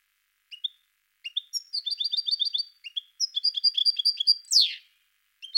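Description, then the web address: European goldfinch song: short bursts of bright, tinkling twitters and fast repeated notes, with a buzzy descending sweep near the end, separated by brief pauses. "~joaopt canarios racas canto Jilguero"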